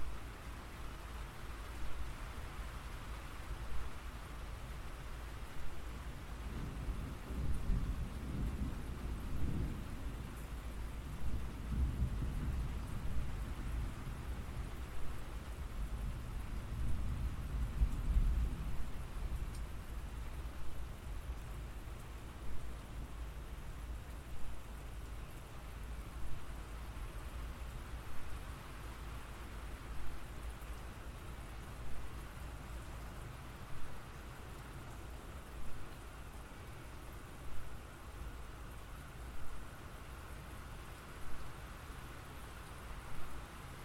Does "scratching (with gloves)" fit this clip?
no